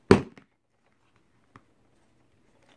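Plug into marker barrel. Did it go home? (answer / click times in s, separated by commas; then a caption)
yes / 0.1 s. Using the snapper tool of a Crayola Marker Maker, a plastic plug is pressed down firmly into the top of a plastic marker barrel, giving a sharp, loud snap at 0.1 s. Fainter ticks follow at about 0.4 s and 1.6 s. The plug has snapped in and is confirmed fully inserted into the barrel.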